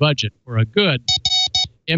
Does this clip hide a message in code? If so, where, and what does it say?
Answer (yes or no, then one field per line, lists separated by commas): no